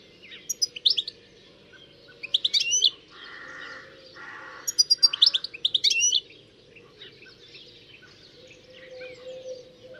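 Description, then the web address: Bird chirps: three short bursts of high, rapid twittering notes a couple of seconds apart, with a few rough, buzzy calls in between. "Deverinetal. Bird Only"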